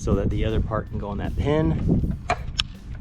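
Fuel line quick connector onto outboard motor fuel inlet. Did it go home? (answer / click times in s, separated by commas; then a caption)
yes / 2.6 s. The other end of a fuel line, with its spring clip, is pushed onto the fuel inlet fitting of a Mercury 2-stroke 15 hp outboard motor while someone talks. A sharp click is heard at 2.6 s as the quick connector seats and locks in place.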